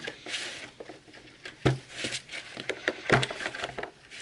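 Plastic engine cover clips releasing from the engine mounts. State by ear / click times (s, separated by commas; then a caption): released / 2.9 s. A plastic engine cover held on by push-in clips is pried up off the top of a Mazda 6 engine during a valve cover gasket replacement. After some faint rustling, a sharp pop at 2.9 s marks a clip releasing from its engine mount, followed by a few softer clicks. The cover pops loose as expected.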